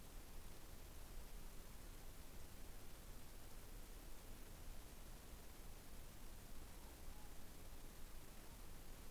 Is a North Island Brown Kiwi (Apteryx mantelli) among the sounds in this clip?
no